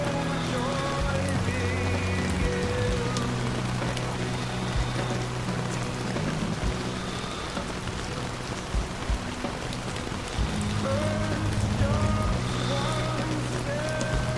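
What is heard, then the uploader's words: Gentle rain patters steadily against a tent, a dense, even hiss of drops with small taps scattered throughout. Underneath, a low hum rises and falls, and faint tonal sounds drift in and out, stronger near the start and again after ten seconds. Relax and unwind as you settle in on a rainy autumn evening while camping. The gentle patter of rain against the tent you're curled up. Some light, comforting music from the battery operated radio you happened to bring along.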